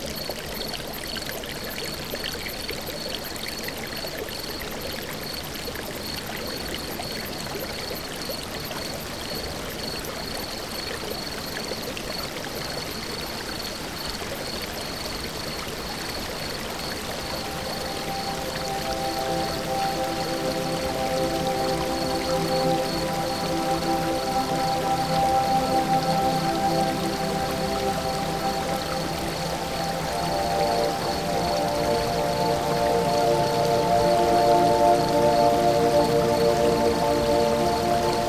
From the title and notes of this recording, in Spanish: El Mar. Escuchen este paisaje sonoro realizado con sonidos acuáticos.